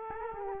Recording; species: mosquito wingbeat signal from an infrared sensor; Culex quinquefasciatus